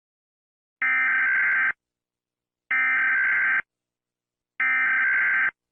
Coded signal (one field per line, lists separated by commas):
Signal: Emergency Alert System (SAME) tones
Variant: header bursts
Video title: IXL’s revenge - a EAS scenario